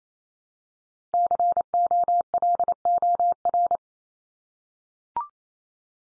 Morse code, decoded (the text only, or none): COLOR